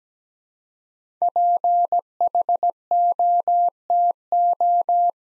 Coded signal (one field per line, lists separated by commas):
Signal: Morse code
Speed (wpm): 17 wpm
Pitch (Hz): 700 Hz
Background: none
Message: PHOTO